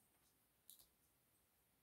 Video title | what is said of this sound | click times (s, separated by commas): Random Build Reviews: Voltron Minipla - Part 9: Building Black Lion - Part 2/2 | Either it's just me or I've got a stubborn part that won't click right in. | none